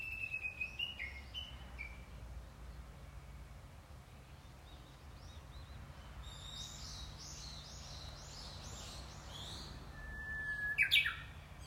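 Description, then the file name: Japanese bush warbler whistling a steady note ending in a short flourish, near the start and again near the end, with a series of quick high chirps in between. "ウグイス"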